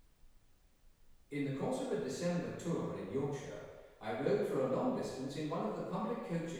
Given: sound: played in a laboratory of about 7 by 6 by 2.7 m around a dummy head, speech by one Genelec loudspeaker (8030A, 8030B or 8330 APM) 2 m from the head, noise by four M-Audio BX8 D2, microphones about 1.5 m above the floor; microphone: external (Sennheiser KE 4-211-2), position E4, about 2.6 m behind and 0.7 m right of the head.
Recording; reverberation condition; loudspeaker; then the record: male speech in English; high; 30 degrees to the right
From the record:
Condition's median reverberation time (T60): about 1300 ms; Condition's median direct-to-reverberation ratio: about -4.0 dB